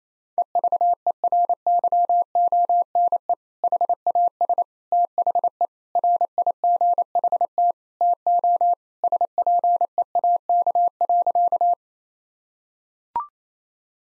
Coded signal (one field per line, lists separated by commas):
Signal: Morse code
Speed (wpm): 27 wpm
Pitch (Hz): 700 Hz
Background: none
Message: EVERYONE HAS THE RIGHT TO SPEAK.